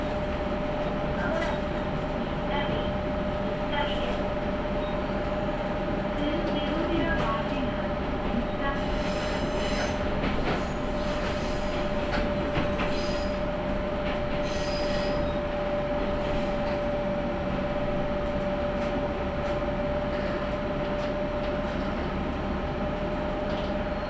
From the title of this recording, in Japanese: 天竜浜名湖鉄道 西気賀→三ヶ日